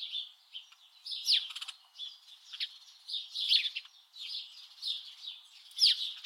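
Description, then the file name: House sparrow chatter, continuous overlapping chirps with a few louder notes standing out, and a brief rattling click early on. "Passer domesticus"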